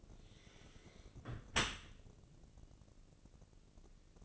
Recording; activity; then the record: daily activity, microphone in the room; close dishwasher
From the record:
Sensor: 4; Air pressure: 1013.2 hPa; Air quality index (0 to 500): 172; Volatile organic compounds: 2 ppm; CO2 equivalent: 1081 ppm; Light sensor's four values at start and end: 68/168/69/70 and 69/171/71/72